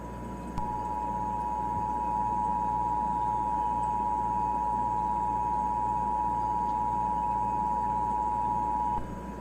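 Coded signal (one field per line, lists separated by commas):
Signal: Emergency Alert System (SAME) tones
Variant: 853 and 960 Hz attention tone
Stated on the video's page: Fictional EAS scenario; simulated alert heard on TV, not real.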